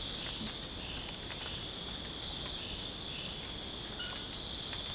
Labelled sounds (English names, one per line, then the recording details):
none
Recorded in secondary vegetation near Puerto Asís, Putumayo, Colombia, on 25 June 2025 at 01:30
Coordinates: 0.484, -76.319
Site G074